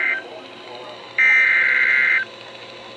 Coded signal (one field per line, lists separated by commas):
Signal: Emergency Alert System (SAME) tones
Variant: header bursts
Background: speech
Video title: SUMMER'S WARM WELCOME... Severe Weather EAS Alerts from June 20th, 2024 (EAS #971-1,019)